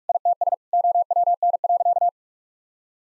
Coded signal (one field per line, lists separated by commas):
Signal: Morse code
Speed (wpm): 46 wpm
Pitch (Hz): 700 Hz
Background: none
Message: ITS OWN.